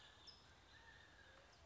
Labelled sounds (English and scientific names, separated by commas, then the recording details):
California Towhee (Melozone crissalis)
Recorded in Sonoma County, California